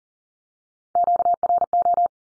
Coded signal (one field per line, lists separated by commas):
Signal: Morse code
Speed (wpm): 40 wpm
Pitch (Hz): 700 Hz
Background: none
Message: QRO